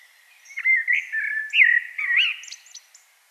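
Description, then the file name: Common blackbird song: a flowing warbled phrase of mellow fluted notes, ending in several thin, high squeaky twitters. "Turdus merula"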